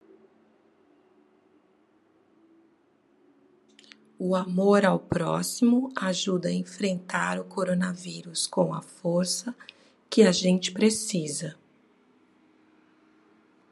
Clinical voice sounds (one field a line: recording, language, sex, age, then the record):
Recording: spoken sentence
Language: Brazilian Portuguese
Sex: female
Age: 40 to 49 years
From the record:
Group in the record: control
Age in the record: 47 years